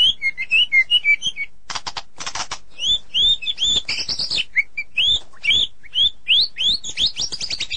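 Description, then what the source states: Lovebird producing high squeaky chirps in irregular bursts, with short harsh noisy rasps between them. Lovebird calls played as a lure sound for attracting birds.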